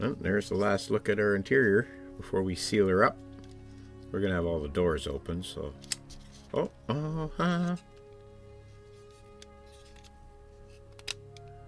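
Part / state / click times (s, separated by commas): plastic model door into the model vehicle body / seated / 11.1 s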